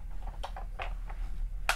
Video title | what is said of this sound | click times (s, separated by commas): LES JOUETS JURASSIC WORLD LEGACY DE MATTEL : UN FLOP ? ou PAS ? | Tac, le petit clic, un rétro à droite. | 1.7 s